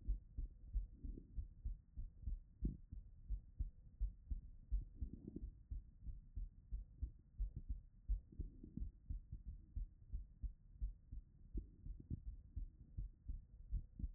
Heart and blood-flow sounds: heart sounds by stethoscope; Erb's point; 90 bpm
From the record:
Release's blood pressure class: normal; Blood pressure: 111/65 mmHg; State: after exercise

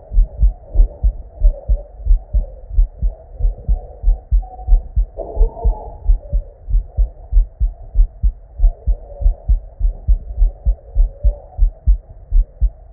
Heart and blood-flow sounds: heart sounds by stethoscope; Erb's point; 88 bpm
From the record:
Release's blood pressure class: normal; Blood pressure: 117/60 mmHg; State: at rest

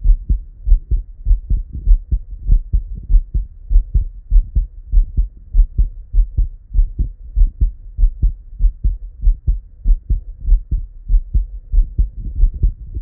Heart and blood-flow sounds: heart sounds by stethoscope; Erb's point; 94 bpm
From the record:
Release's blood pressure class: normal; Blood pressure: 113/73 mmHg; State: at rest

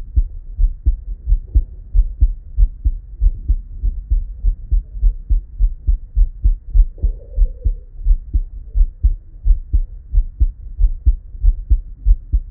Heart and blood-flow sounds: heart sounds by stethoscope; Erb's point; 95 bpm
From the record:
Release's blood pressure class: normal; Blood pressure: 119/63 mmHg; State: at rest

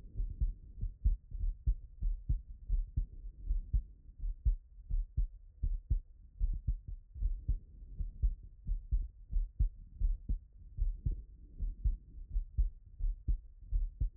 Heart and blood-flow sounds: heart sounds by stethoscope; Erb's point; 79 bpm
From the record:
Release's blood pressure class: hypertension stage 1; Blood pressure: 135/72 mmHg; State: after exercise

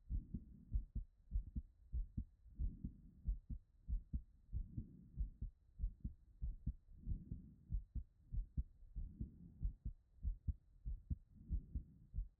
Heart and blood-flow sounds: heart sounds by stethoscope; Erb's point; 94 bpm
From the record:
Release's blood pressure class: hypertension stage 1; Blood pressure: 137/80 mmHg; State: after exercise

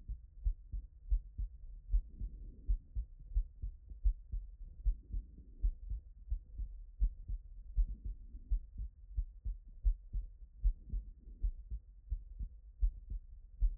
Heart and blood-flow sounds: heart sounds by stethoscope; Erb's point; 85 bpm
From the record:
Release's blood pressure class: normal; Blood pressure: 112/64 mmHg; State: after exercise

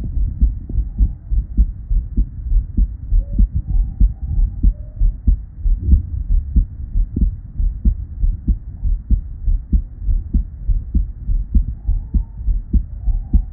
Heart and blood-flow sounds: heart sounds by stethoscope; Erb's point; 100 bpm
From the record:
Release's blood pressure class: normal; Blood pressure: 117/61 mmHg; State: at rest

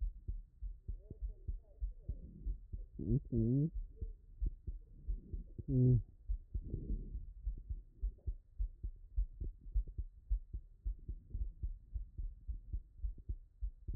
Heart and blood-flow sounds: heart sounds by stethoscope; Erb's point; 100 bpm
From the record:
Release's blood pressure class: hypertension stage 1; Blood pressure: 137/86 mmHg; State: after exercise

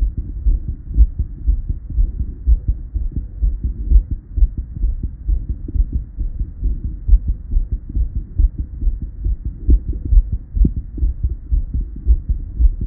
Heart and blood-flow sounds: heart sounds by stethoscope; Erb's point; 133 bpm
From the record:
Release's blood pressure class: hypertension stage 2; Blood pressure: 160/103 mmHg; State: at rest

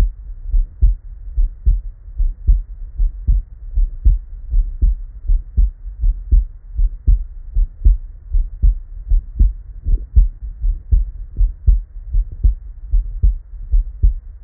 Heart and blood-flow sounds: heart sounds by stethoscope; Erb's point; 75 bpm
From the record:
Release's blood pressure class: normal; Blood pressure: 97/63 mmHg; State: at rest

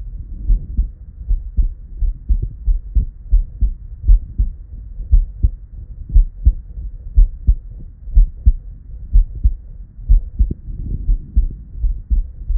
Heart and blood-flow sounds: heart sounds by stethoscope; Erb's point; 66 bpm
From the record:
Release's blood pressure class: normal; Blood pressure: 106/52 mmHg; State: at rest

